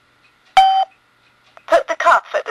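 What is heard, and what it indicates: A single steady electronic beep as the start button is pressed, then a recorded female voice prompt from a talking automatic blood pressure monitor beginning measurement, with the cuff placed at heart level, the arm neither raised above nor lowered below the heart.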